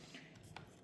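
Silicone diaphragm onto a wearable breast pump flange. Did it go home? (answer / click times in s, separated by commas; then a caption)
yes / 0.6 s. A silicone diaphragm is pushed down onto the round piece on top of the plastic flange of an Elvie wearable breast pump until it sits firmly in place. Soft rubbing and handling noise is heard, then one short, sharp hit at 0.6 s as the diaphragm seats.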